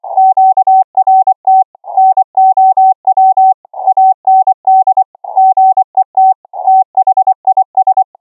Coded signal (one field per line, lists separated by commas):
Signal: Morse code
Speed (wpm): 24 wpm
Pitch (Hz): 760 Hz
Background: none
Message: QRT NOW AND GET THIS